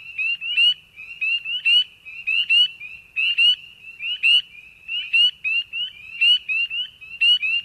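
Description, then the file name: Frogs and toads: high, squeaky frog calls with quick sweeping chirps, repeated in bursts. "Frogs and Toads (Wild America)"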